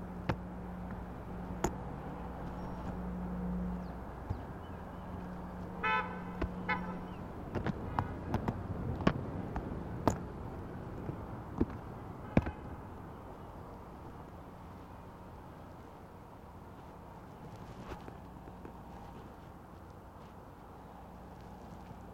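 A bike ride from Harlem to the Bronx, with a steady low rumble of traffic and road noise throughout. A low hum holds through the first seven seconds and returns later. Sharp clicks and rattles cluster between about six and thirteen seconds, with a bright chattering burst near six seconds.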